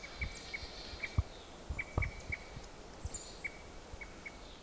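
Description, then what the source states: Crossbill calls: several short, sharp chip notes repeated irregularly, over low rumbling background noise. Cleaned-up recording of Ozark crossbills high in shortleaf pine forest, Arkansas; initially suspected to be type 3.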